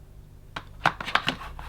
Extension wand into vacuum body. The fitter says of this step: like so again push until it clicks into position